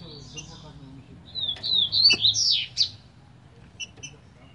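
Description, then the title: Green-winged saltator song: a short burst of loud, slurred whistled notes rising and falling in quick succession, followed by a few faint short notes. Singing trinca-ferro from a breeder; song type named "Voz 07" (voice 07). "Canto De Trinca Ferro Voz 07. TRINCA FERRO CANTADOR"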